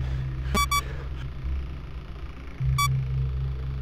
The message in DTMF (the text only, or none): none